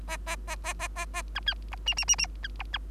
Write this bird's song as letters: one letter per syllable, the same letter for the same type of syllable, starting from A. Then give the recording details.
A A A A A A A B C D E E E E B D B. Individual Bird3